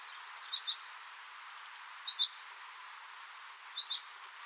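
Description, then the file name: Common chaffinch giving crisp double call notes, three pairs spaced about one and a half seconds apart, against faint steady background noise. "Fringilla coelebs"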